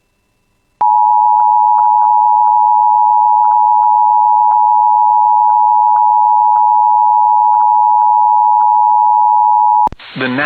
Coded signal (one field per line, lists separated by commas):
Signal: Emergency Alert System (SAME) tones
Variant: 853 and 960 Hz attention tone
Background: speech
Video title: [EAS] Severe Thunderstorm Warning For Hubbard County (Park Rapids) (6/10/2026)